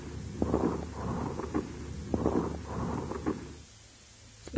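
Two loud, harsh, hollow breath cycles carry short grating, creaking bursts late in each cycle, followed by a brief high squeak. The grating is a pleural friction rub, like the crunch of snow, clearly heard over loud bronchial breathing on the right, at the 4th intercostal space in the anterior axillary line, in an adult with right lung lobar pneumonia at its peak stage, complicated by dry parapneumonic pleurisy.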